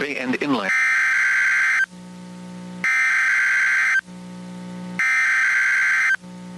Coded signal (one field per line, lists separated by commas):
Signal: Emergency Alert System (SAME) tones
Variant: header bursts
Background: speech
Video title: REQUIRED WEEKLY BOREDOM - EAS Tests from 10/26/22 (EAS #689 - 692)